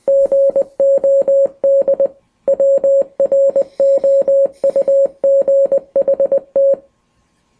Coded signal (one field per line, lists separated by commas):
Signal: Morse code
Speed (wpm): 20 wpm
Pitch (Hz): 550 Hz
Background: music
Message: GOD WROUGHT